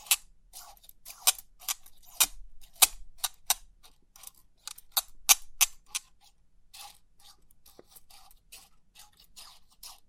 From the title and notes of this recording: Crisp 3D Pin Art Tingles(No Talking).